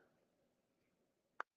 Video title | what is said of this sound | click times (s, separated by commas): Sunday Night Geekery 95 | there we go here that's satisfying snap | 1.4 s